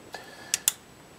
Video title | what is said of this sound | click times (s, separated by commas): Golf Buddy PRO : In the Box @ GPSCity | that will clip in the only way to take it off is to push that release button down | 0.5 s, 0.7 s